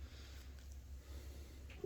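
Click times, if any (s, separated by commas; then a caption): none. During reassembly of a Smith & Wesson CSX pistol, with the slide back on, the steel takedown lever is being slid in from the left side of the frame toward the right. Only a steady low hum and a few faint, brief handling sounds are heard, around 0.7, 1.7 and 1.8 seconds. Nothing has clicked or seated yet.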